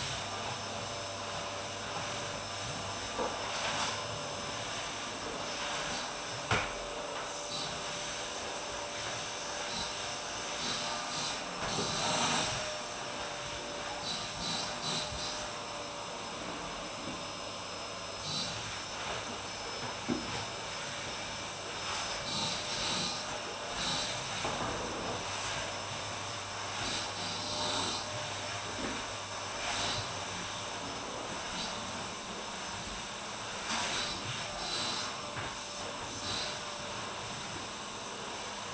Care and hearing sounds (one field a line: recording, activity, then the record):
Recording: daily activity, microphone in the room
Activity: vacuum cleaning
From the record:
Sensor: 2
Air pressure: 988.5 hPa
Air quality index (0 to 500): 195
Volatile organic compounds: 210 ppm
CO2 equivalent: 4244 ppm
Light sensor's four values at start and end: 19/63/25/23 and 19/65/25/24